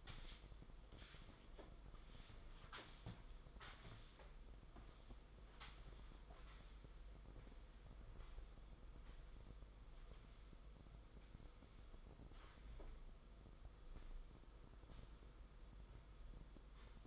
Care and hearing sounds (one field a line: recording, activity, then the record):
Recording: daily activity, microphone in the room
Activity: sweep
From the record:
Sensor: 5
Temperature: 22.3 degrees Celsius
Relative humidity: 52.2%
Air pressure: 990.7 hPa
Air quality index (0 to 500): 163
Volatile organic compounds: 287 ppm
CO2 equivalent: 4452 ppm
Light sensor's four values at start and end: 41/125/48/51 and 43/132/51/54